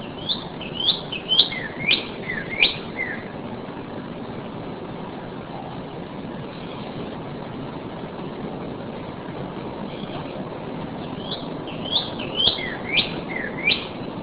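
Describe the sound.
Northern cardinal song: a quick series of downslurred whistled notes, then a long quiet gap of steady hiss, then another burst of similar slurred whistles near the end.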